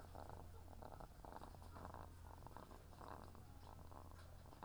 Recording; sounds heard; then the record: poultry house recording; sick chickens (respiratory disease)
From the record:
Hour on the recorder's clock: 17